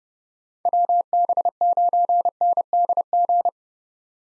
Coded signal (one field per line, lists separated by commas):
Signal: Morse code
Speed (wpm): 30 wpm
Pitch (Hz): 700 Hz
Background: none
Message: WB9NDG